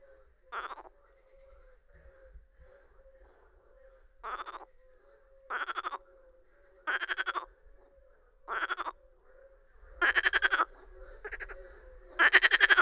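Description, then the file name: Marsh frog giving rattling, pulsed croaks that grow louder toward the end, over a faint continuous background drone. "Grenouille rieuse"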